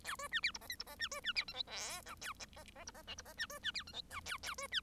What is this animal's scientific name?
Lonchura striata domestica